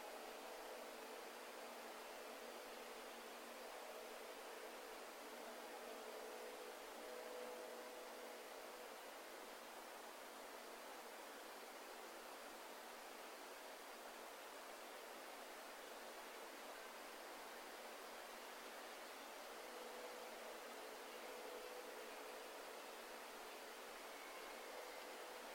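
Wind rushes steadily through forest trees, a dense, even hiss that stays bright and airy with almost no low rumble. The level barely changes throughout, though faint thin ringing tones surface briefly around six to nine seconds and again near twenty seconds.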